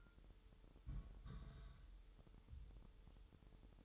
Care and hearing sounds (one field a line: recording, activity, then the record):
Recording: daily activity, microphone in the room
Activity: place on stove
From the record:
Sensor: 3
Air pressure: 988.3 hPa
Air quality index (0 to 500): 191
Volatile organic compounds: 267 ppm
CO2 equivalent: 4405 ppm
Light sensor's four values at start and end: 24/75/31/27 and 24/76/32/27